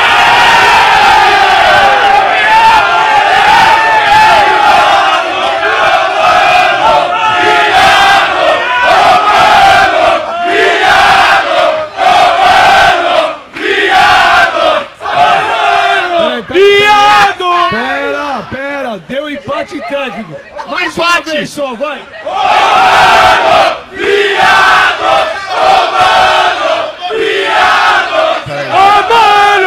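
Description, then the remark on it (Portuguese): A group of people yell and shout at full volume together in a contest to see who can shout the loudest, overlapping wildly in a chaotic, sustained roar of raised voices with occasional whoops and brief gaps between bursts. “Ó, quem gritar mais alto, mano, viado?”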